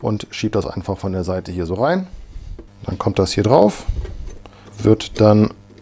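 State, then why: Not seated. The front part of a plastic mounting plate is slid on from the side onto a keystone network socket's mounting plate while someone talks, with faint handling noises between the words. The clip ends just before the part is pressed home, and nothing has seated or clicked yet.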